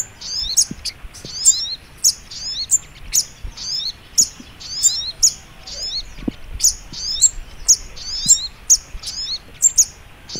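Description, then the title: Little spiderhunter giving high, sharp chips and twisting twitter notes, nearly one per second and slightly irregular, against a low steady hiss. Training recording (masteran) of sogok ontong labaik. "Masteran Burung Sogok Ontong Labaik"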